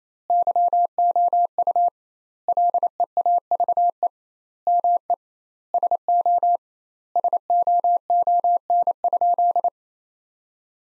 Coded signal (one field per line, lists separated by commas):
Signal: Morse code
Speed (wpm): 28 wpm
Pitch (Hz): 700 Hz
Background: none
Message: YOU LEAVE ME SO SOON?